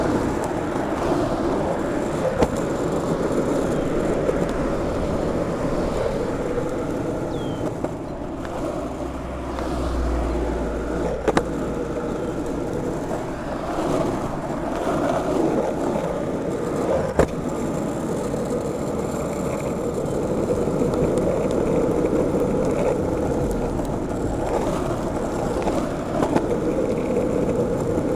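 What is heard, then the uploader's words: A skateboard rolls along a smooth, flat bike path in a steady, dense rumble that stays low and even throughout. Sharp clicks and knocks cut in now and then, notably around 11 and 17 seconds, and a deeper hum swells briefly near 10 seconds. Skateboarding Serenity on the Bike Path. Skate along a shared-use bike path that offers a smooth and flat surface.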